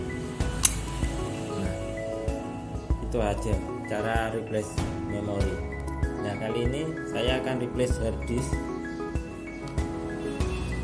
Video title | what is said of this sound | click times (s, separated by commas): CARA MUDAH UPGRADE SSD DAN RAM PADA NOTEBOOK ACER ASPIRE ONE D SERIES | pack terpasang jangan kita tekan bagian bawah ini Sampai bunyi klik itu | 0.6 s